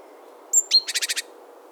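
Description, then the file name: Great tit call: two thin high whistled notes, then a quick buzzy chatter of about five harsh notes, over faint steady background hiss. "Parus major"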